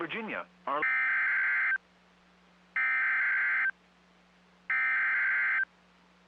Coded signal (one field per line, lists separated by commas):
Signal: Emergency Alert System (SAME) tones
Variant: header bursts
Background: speech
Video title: NOAA Weather Radio - Special Marine Warning [EAS #192] (6/2/22)